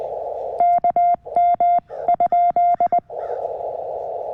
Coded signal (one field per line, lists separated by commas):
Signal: Morse code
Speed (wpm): 20 wpm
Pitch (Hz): 2100 Hz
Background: none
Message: KM ?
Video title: QRP CW POTA Activation at US-0548 | CFT1 5-Band Transceiver & Packtenna Setup